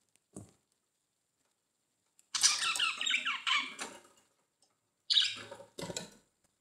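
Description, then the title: Budgerigar giving a short scratchy warble and a couple of sharp squeaks separated by silences. "Budgie Sounds"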